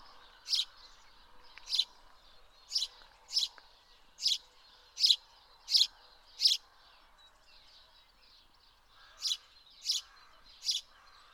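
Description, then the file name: House sparrow giving loud, clipped chirps in a run, then a pause of about three seconds before three more, over steady background noise. "Passer domesticus"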